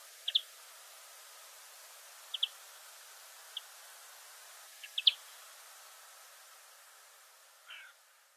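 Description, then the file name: European greenfinch calls: short, sharp chip notes, often doubled, spaced irregularly, ending with a lower note; steady faint hiss behind. "Chloris chloris"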